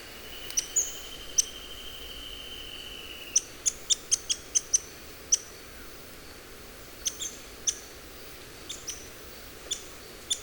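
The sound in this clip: Pink-legged graveteiro giving sharp, high clicking notes, singly and in quick clusters, over a long steady high whine early on and a soft constant hiss.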